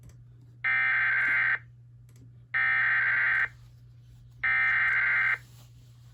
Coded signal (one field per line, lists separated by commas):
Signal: Emergency Alert System (SAME) tones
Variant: header bursts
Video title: EAS 763: LUB SVR